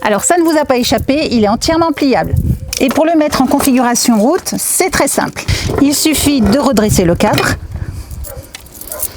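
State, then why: Seated. Someone talks while the folded frame of an ADO Air 20 Pro chainless folding electric bike is straightened. Near the end, the frame hinge locking lever is closed and clicks shut at 8.6 s, followed by a few short knocks, and the frame is locked.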